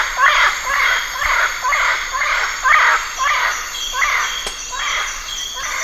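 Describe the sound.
Bird calls: loud, harsh, raspy notes repeated about twice per second throughout, with a shrill insect hum running steadily behind them.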